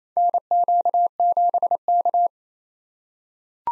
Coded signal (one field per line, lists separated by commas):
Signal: Morse code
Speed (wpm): 27 wpm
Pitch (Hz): 700 Hz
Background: none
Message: NQ7K